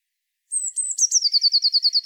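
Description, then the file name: Eurasian blue tit song: piercing high opening notes, then a brisk, even trill that continues to the end. "Cyanistes caeruleus"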